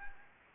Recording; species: mosquito wingbeat signal from an infrared sensor; Anopheles arabiensis